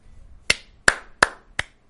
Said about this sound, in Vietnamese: Bốp bốp mấy tiếng vang lên. Dường như tất cả mọi người đều ngẩng đầu hướng về phía có tiếng vỗ tay. Một người đàn ông khoảng hơn 30 tuổi đứng ở cửa vỗ tay.